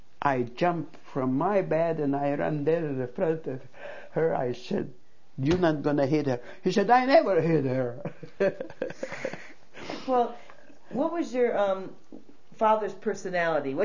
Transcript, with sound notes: I jumped from my bed and I run there and in front of her, I said, "You're not going to hit her." He said, "I never hit her!" ( she laughs )
Well, what was your father's personality?